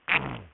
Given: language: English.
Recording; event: throat vibration sensor signal played as sound; throat clearing